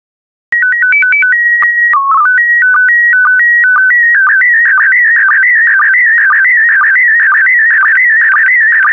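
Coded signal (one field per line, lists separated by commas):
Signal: SSTV (slow-scan television)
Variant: PD120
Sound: steady stepping beeps, a short low tone, then a warbling tone with regular clicks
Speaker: the next image transmission will start in 10 seconds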